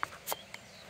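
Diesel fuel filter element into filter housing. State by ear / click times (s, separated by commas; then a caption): not seated / none. A diesel fuel filter element is handled at its filter housing on a 2012 Ford Ranger 2.2 TDCi, with sharp ticks at 0.0 and 0.5 s and a brief broadband rustle around 0.3 s. Nothing has seated or clicked yet; the element has not gone home.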